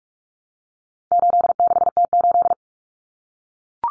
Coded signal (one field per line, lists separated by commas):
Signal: Morse code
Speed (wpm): 44 wpm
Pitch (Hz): 700 Hz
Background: none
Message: 86T8